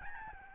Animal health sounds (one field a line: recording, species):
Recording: mosquito wingbeat signal from an infrared sensor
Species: Aedes albopictus